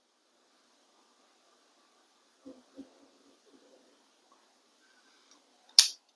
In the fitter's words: And it snaps back into place.